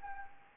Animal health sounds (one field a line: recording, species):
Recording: mosquito wingbeat signal from an infrared sensor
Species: Anopheles arabiensis